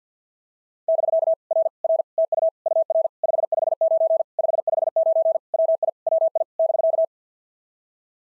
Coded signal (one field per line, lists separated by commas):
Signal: Morse code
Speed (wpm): 54 wpm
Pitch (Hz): 650 Hz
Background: none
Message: <BK> R R TU UR 559 559 WI WI <BK>